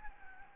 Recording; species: mosquito wingbeat signal from an infrared sensor; Anopheles gambiae